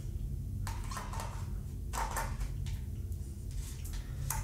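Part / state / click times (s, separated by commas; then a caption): lens onto mirrorless camera bayonet mount / seated / 4.3 s. An interchangeable Rinon lens is lined up on the mount dots of a Sony ZV-E10 mirrorless camera and twisted onto its bayonet mount, with soft scraping and handling sounds as it turns. A sharp click at 4.3 s marks the bayonet locking and the lens seated.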